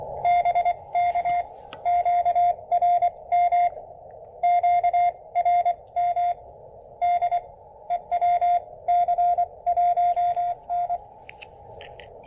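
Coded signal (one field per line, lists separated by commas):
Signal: Morse code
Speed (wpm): 24 wpm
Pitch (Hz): 700 Hz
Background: radio noise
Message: BK QRM QRM DE WC1N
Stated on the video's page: POTA CW activation at 0.1 watts with an EFHW antenna and KX2, on 20, 17 and 40 meters.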